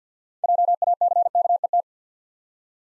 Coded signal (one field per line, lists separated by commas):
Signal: Morse code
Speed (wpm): 48 wpm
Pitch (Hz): 700 Hz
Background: none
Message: JACKET